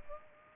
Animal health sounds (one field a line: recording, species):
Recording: mosquito wingbeat signal from an infrared sensor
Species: Culex pipiens